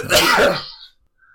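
A single loud, explosive burst lasting about half a second fades quickly into quiet. It is a sneeze from an adult close to a microphone, a brief forceful expulsion of air through the nose and mouth.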